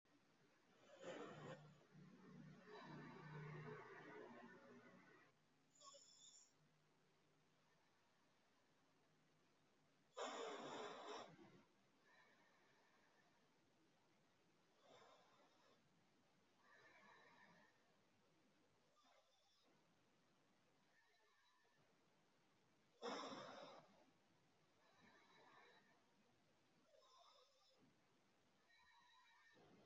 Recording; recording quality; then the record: deep breathing; excellent, no background noise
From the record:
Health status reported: healthy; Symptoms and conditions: none ticked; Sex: female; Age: 44 years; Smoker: not ticked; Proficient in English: yes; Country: India